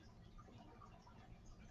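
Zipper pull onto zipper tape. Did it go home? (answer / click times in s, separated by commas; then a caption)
yes / 0.4 s, 0.8 s. A zipper pull (slider) is fitted by hand onto the teeth of a fabric zipper. Against a quiet background, small sharp clicks are heard at 0.4 s and 0.8 s as the pull seats onto the zipper.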